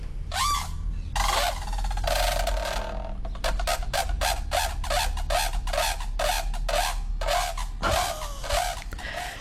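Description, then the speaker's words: Brolga trumpeting calls: harsh, rattling honks delivered in a fast, steady series of loud bursts over a low background hum. Played back on air; the call is described as trumpeting, sounding like the start of a Brazilian festival. "Here's a trumpeting brolga for you, Christine."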